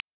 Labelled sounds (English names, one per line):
Black-throated Blue Warbler flight call